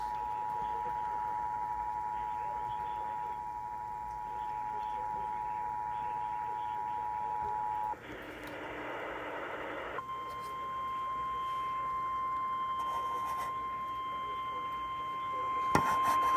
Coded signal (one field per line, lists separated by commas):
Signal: Emergency Alert System (SAME) tones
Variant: 853 and 960 Hz attention tone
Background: speech